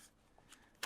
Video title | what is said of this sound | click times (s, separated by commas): Hands-On with Tactical Haptics' SaberGrip VR Controller | you push in the interaction button you put a little hook over there it snaps | 0.8 s